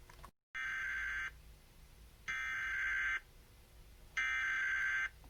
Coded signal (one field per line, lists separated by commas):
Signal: Emergency Alert System (SAME) tones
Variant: header bursts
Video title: Tornadoes, Squall lines and Monthly Tests 2 Day EAS Timeline Northwest Minnesota and the Dakotas